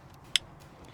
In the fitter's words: And make sure that you hear the click